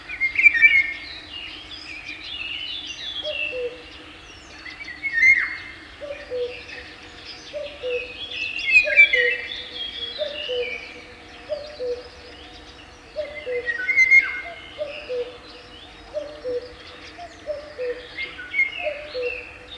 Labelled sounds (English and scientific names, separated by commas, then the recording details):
Eurasian Golden Oriole (Oriolus oriolus) call
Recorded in the wild
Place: Illmitz, AT
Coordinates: 47.7594, 16.7686
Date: 1972-05-08
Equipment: Uher Report 4200, AKG D190C in Doppel-Parabolreflektor
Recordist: Krey, Winfried